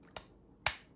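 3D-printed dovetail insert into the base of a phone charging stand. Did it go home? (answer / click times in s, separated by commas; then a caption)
yes / 0.2 s, 0.7 s. Slotted, tapered 3D-printed dovetail pieces are pushed into the larger base part of a phone charging stand. Two sharp clicks are heard at 0.2 s and 0.7 s, the second much louder. The pieces snap into place and are seated.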